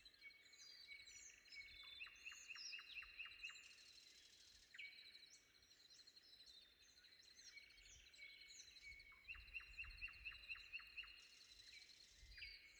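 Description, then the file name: Common nightingale song: bursts of rapid repeated notes and a long pure whistle, set against a busy chorus of other birds and a steady high hum. Sung before dawn. "predawn nightingale"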